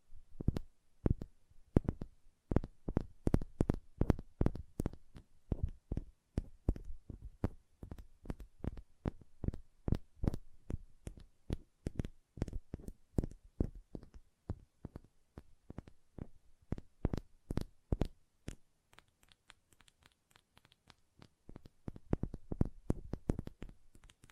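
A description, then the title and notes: Fingernails tap in quick, uneven bursts, each tick sharp and crisp with a soft thud underneath. The tapping runs nearly nonstop for the whole stretch, clustering into rapid flurries and briefly thinning around the middle before picking up again near the end. ASMR Hand Sounds, Nail Tapping and Lotion Sounds.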